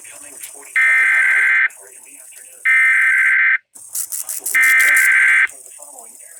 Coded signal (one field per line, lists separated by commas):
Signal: Emergency Alert System (SAME) tones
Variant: header bursts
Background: speech